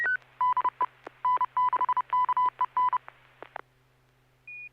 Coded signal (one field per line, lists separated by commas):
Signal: Morse code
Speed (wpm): 30 wpm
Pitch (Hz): 1000 Hz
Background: none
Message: DE N6KEN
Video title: N6NA SSTV Net - 11/29/2023